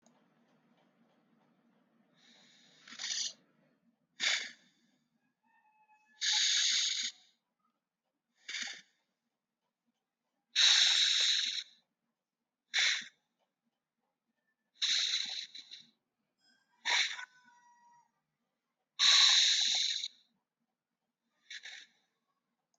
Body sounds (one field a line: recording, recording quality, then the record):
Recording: deep breathing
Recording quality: excellent, no background noise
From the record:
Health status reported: healthy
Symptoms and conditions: none ticked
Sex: male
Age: 25 years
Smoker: not ticked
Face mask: not worn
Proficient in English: yes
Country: India